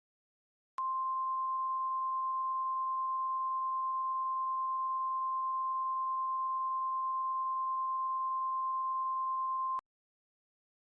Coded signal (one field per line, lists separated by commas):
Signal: Emergency Alert System (SAME) tones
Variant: 1050 Hz attention tone